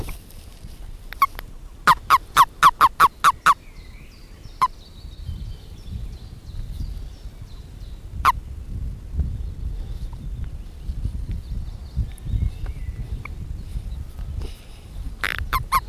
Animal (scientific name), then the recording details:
Bufo bufo. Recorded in captivity. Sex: male. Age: adult. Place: Birkenwerder, Briesetal, Brandenburg, DE. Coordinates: 52.7, 13.3167. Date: 1968-04-20. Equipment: Uher 4000 Report-S, Sennheiser MD 421. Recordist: Tembrock, Günter. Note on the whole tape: Männchen, aus dem Wasser gefangen in der Hand vor Mikrophon gehalten